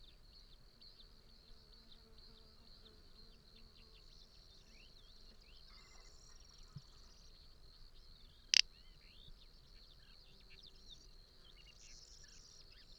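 Little bustard: one abrupt, dry snorting burst partway through, set against a constant high-pitched insect and bird chorus.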